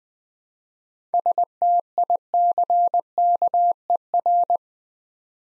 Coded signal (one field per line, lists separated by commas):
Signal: Morse code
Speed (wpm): 20 wpm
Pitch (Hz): 700 Hz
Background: none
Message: STICKER